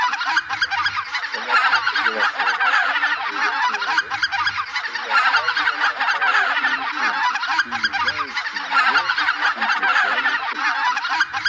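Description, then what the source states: Greater white-fronted goose: greater white-fronted geese in a noisy flock: constant overlapping honks, yelps and cackles with no pause throughout. Flock of greater white-fronted geese chattering.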